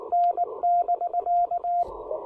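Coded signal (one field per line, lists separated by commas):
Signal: Morse code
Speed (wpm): 18 wpm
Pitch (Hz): 690 Hz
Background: radio noise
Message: N<BK>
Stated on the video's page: QRP Parks on the Air field activation using a Ten-Tec Argonaut V transceiver.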